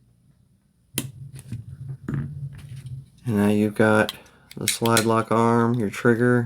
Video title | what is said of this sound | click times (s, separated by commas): Glock 42: Complete Disassembly and Cleaning | मैं पंच का उपयोग करके इसे क्लिक सुनने जा रहा हूँ, और | 1.0 s